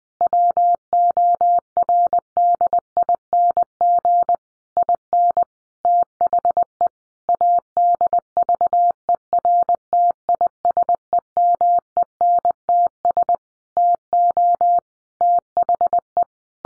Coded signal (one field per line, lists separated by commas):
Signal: Morse code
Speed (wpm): 20 wpm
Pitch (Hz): 700 Hz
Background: none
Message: WORDING IN THE ADVERTISEMENTS TO THE